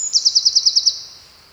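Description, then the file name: Eurasian wren trill: about eight rapid, evenly spaced high notes in under a second, then the sound trails away into quiet. "Troglodytes troglodytes"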